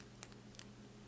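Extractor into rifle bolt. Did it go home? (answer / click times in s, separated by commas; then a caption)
no / none. A Ruger 10/22 rifle's extractor and its plunger are pushed back into the bolt by hand, with no tools. Only faint handling ticks near 0.2 and 0.6 seconds are heard over a low, steady hum. Nothing has seated or clicked yet.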